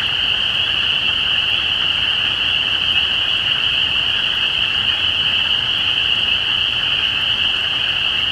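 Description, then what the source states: Spring peepers calling together, a steady wall of high piercing peeps with no gaps, and light low-frequency background noise. Recorded at Easter 2017.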